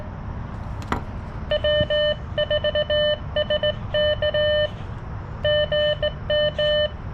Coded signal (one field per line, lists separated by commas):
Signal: Morse code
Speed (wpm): 17 wpm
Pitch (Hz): 600 Hz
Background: none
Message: W4SK GM